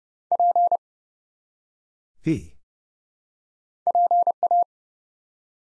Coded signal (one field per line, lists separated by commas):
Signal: Morse code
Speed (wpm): 30 wpm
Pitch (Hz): 700 Hz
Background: none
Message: P PA